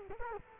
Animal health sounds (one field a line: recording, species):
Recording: mosquito wingbeat signal from an infrared sensor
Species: Culex quinquefasciatus